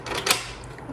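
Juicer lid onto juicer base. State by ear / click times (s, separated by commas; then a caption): seated / 0.3 s. A plastic juicer lid assembly is twisted from the unlocked to the locked position on a juicer base, and a sharp click is heard at 0.3 s. The lid is locked into place.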